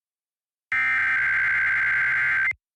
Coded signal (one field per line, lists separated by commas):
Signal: Emergency Alert System (SAME) tones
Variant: header bursts